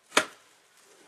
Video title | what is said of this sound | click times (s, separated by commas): Original Arm's Reach Co Sleeper Crib & Comfort Set How to assemble and attach to your bed | put it down here in this tab until it snaps in | 0.2 s